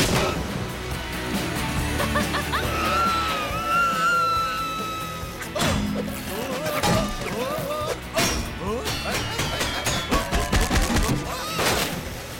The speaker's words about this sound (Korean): 여자 소리로 비명 지르면서 멀리 날아가 줄래?